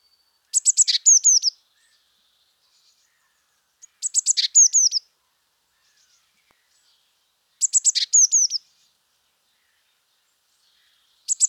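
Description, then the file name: Eurasian blue tit repeats the same brief high phrase about every three and a half seconds, fast sharp notes ending in falling whistles, heard three full times plus a start. "Cyanistes caeruleus"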